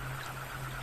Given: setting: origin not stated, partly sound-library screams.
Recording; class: one-second piece from a danger detection set; normal situation